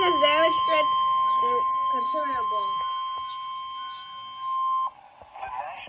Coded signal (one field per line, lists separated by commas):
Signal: Emergency Alert System (SAME) tones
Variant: 1050 Hz attention tone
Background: speech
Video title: Severe Thunderstorm Warning On Station WXK91 (Topeka, KS) EAS #227 Station Credits To ???